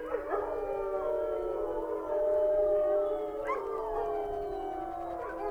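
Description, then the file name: Wolf: wolves give long, level howls stacked at several pitches, with brief sharp yelps cutting in now and then. "Wolves Howling Wolf Howling"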